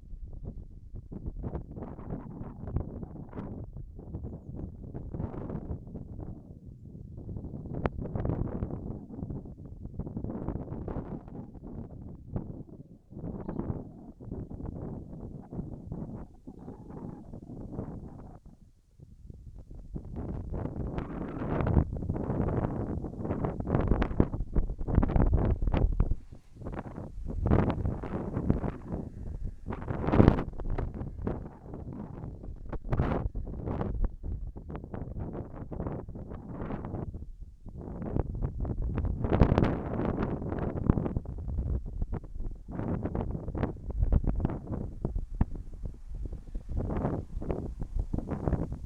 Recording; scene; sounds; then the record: everyday scene through a hearing-aid microphone; wind on the microphone; wind, whistling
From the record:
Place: in front of a rural house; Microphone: behind the ear, left, front